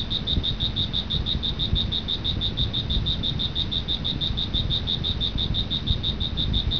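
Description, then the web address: Cricket chirping with a regular run of high, ringing pulses, steady in loudness, over low rumbling noise. "特酷声音素材库 动物 昆虫 蟋蟀"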